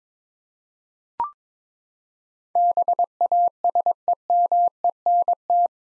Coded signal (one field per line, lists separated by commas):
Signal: Morse code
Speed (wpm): 22 wpm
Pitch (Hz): 700 Hz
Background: none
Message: BASEMENT